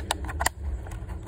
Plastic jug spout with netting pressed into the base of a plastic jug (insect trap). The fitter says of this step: and netting into the butt of the jug and you get this satisfying click